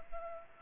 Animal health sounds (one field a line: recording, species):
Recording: mosquito wingbeat signal from an infrared sensor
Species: Culex pipiens